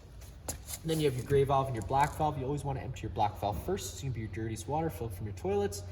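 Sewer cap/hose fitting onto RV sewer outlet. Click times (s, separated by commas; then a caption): 0.5 s. The sewer cap, or hose fitting, with bayonet ears is lined up with the main sewer outlet of a 2025 Forest River Wildwood 28DBUD RV and twisted so it locks into place. A single sharp click is heard at 0.5 s, then a man talks. The cap is seated and locked.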